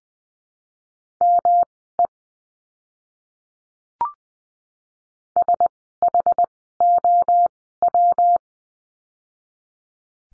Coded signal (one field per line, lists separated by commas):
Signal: Morse code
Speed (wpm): 20 wpm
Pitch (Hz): 700 Hz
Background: none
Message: ME SHOW